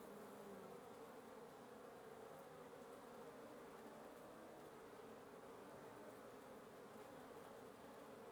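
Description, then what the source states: Wasp buzzing from a nest, a dense steady hum with no breaks. Wasp nest under the roof of the recordist's residence at 1a Avenida Norte 19, Antigua Guatemala, Guatemala; recorded in the morning.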